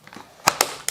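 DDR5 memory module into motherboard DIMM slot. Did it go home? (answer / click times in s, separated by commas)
yes / 0.5 s, 0.6 s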